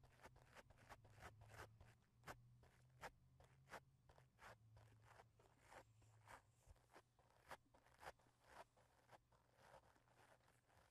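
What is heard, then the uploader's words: Mic touching: quick rubbing and tapping strokes, roughly several per second, with bright scratchy edges over a steady low hum. Mic touching.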